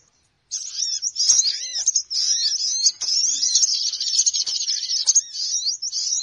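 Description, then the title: Birds chattering in a dense, continuous high twittering mass, with shrill squeaks and short downslurred notes, after a brief silent start. Lure sound to attract birds, said to draw many birds in quickly; noisy (ribut) bird sounds. "Baru Diputar Dah Banyak Merapat! Suara Pikat Burung Ribut"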